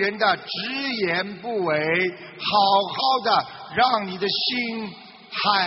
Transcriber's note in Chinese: none